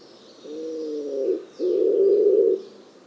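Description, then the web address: Bird call in two parts, a smooth low tone followed by a louder, buzzy grating section lasting about a second; faint higher notes in the background. "cianscape. Deverinetal. Bird Only"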